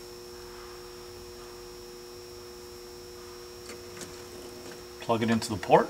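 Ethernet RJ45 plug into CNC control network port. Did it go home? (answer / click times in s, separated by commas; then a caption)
no / none. An Ethernet RJ45 plug is held and lined up with the network port on a Fanuc 31i CNC control before being pushed home. A steady hum runs throughout, and someone talks near the end, with no sharp sounds. The plug has not clicked or seated yet.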